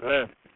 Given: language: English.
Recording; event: throat vibration sensor signal played as sound; speech